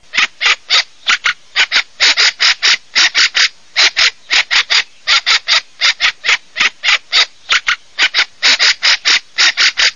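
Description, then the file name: Fieldfare harsh chacking calls in a fast, steady run of dry notes, often in pairs or triplets, continuing without pause for the whole stretch. "CESENAgiusy"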